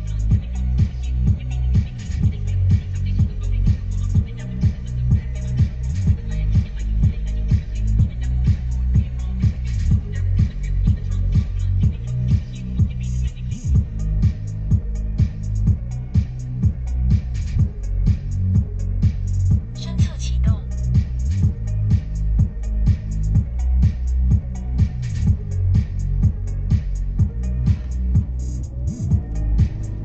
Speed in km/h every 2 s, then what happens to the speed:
0, 0, 0, 0, 0, 0, 0, 0, 0, 0, 0, 0, 0, 6, 21.
0-25 standing. 25-30 pulls away to 21.